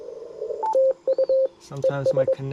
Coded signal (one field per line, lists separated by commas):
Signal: Morse code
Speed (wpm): 22 wpm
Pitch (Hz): 530 Hz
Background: speech, radio noise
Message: TU ES